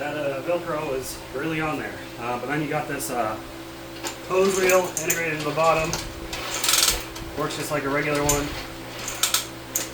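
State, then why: Seated. Someone talks while working the hose reel built into the bottom of a Giraffe Tools Crossfalls Ultra Flow Grandfalls electric pressure washer. The reel ratchets with sharp plastic clicks at 9.2, 9.3 and 9.8 seconds as it locks into place.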